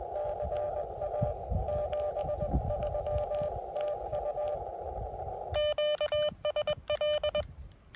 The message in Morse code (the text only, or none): CA 73 TU QSL